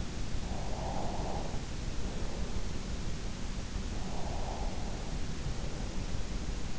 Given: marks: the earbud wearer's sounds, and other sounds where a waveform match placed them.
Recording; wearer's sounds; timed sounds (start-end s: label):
sounds in sleep by an in-ear microphone; breath
0.06-2.86 s: breath
3.60-6.35 s: breath